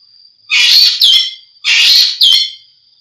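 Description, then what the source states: Javan green magpie song: two harsh, screechy phrases about a second apart, each ending in a downward whistled slur, with a thin constant high tone behind. Song variations.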